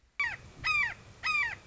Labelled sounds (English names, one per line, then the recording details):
Red-shouldered Hawk
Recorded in Sonoma County, California